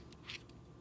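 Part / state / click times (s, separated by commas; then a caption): trimmer head onto trimmer body / not seated / none. A replacement trimmer head is handled and twisted against the plastic trimmer body, giving faint scraping and rustling with a brief, brighter burst around 0.3 s. The clip ends before the head goes home, so it has not yet clicked or locked into place.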